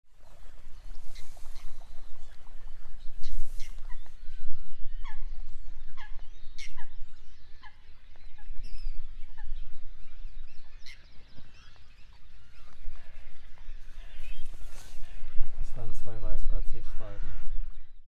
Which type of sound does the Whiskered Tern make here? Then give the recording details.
flight call. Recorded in the wild. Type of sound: flight call. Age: adult. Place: Kützerhof, Kummerower See, Mecklenburg-Vorpommern, DE. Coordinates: 53.8531, 12.8686. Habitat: wetland. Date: 2010-06-22. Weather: fair, 8°C, weak winds. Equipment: Sound Devices 702, Rode NT1-A Stereopaar. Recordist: Frommolt, Karl-Heinz. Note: Straße vom Kützerhof nach Aalbude, Polder Große Rosin: Flugrufe von zwei Weißbartseeschwalben